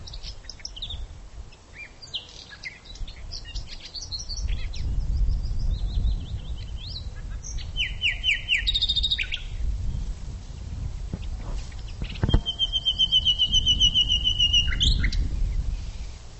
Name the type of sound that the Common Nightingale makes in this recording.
song